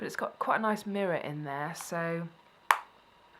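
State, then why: Seated. Someone talks, then the hinged lid of a plastic eyeshadow quad compact with a built-in mirror is closed onto its base. The latch catches with a single sharp snap at 2.7 s, and the lid seats shut with a solid click.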